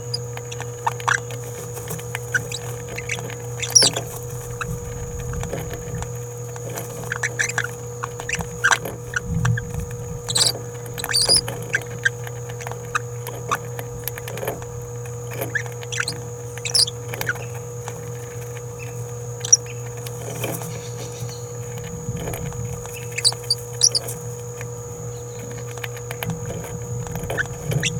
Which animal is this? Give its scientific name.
Forpus passerinus